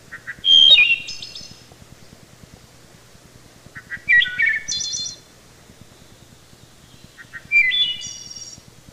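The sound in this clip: Wood thrush: three flutey song phrases spaced about every three and a half seconds, each closing in a high shimmering trill. A low hum sits underneath.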